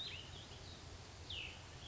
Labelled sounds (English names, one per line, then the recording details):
Cassin's Vireo
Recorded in Sonoma County, California